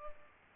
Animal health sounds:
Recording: mosquito wingbeat signal from an infrared sensor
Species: Culex pipiens

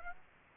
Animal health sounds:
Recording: mosquito wingbeat signal from an infrared sensor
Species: Aedes aegypti

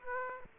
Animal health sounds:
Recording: mosquito wingbeat signal from an infrared sensor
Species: Aedes aegypti

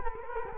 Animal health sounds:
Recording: mosquito wingbeat signal from an infrared sensor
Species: Culex quinquefasciatus

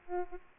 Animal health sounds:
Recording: mosquito wingbeat signal from an infrared sensor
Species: Aedes aegypti

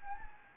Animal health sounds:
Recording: mosquito wingbeat signal from an infrared sensor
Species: Anopheles gambiae

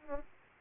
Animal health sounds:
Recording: mosquito wingbeat signal from an infrared sensor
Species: Aedes aegypti

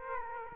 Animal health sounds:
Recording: mosquito wingbeat signal from an infrared sensor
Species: Aedes aegypti

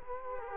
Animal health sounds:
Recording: mosquito wingbeat signal from an infrared sensor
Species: Culex quinquefasciatus

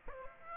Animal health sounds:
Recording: mosquito wingbeat signal from an infrared sensor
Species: Aedes aegypti

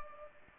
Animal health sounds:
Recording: mosquito wingbeat signal from an infrared sensor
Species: Culex pipiens

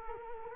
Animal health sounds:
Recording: mosquito wingbeat signal from an infrared sensor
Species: Culex quinquefasciatus

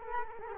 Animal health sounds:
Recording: mosquito wingbeat signal from an infrared sensor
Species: Culex quinquefasciatus

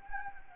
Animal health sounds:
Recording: mosquito wingbeat signal from an infrared sensor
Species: Anopheles gambiae

